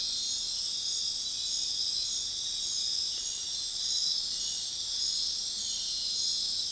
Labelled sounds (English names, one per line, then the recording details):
none
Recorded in dense forest near Puerto Asís, Putumayo, Colombia, on 20 February 2024 at 01:00
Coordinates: 0.502, -76.324
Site G6370